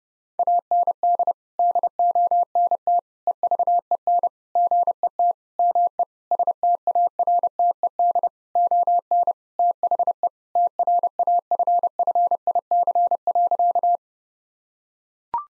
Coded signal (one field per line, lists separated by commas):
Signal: Morse code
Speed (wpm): 30 wpm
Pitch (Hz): 700 Hz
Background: none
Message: AND DONT EVEN GET ME STARTED ON THE TRAFFIC.